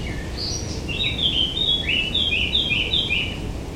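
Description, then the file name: Eurasian blackcap singing: a couple of quiet opening notes, then a loud run of rich fluty whistles that jump up and down in pitch, with steady low background noise. "Sylvia atricapilla"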